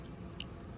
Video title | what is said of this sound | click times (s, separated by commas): Ignition Replacement on the Venom x21 50cc Automatic Motorcycle #VenomMotorsports | Just like that. You just push it in until it clicks. | 0.4 s